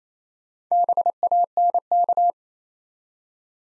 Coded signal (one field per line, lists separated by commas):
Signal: Morse code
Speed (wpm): 27 wpm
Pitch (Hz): 700 Hz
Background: none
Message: BANK